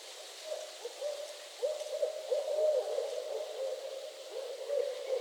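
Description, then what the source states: Barred owl hoots, a steady run of cackling notes heard under a constant hiss of background noise. Owls calling during mating season in northern Michigan.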